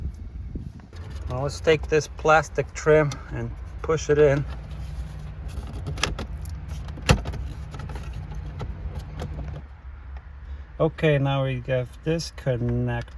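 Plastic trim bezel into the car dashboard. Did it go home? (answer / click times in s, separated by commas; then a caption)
yes / 6.0 s, 7.1 s. Someone talks, then the plastic trim bezel around a newly fitted Android Apple CarPlay radio is pushed into the dashboard of a 2005–2012 Toyota RAV4. Two sharp, loud snaps are heard at 6.0 s and 7.1 s as its clips engage and the trim seats, after which someone talks again.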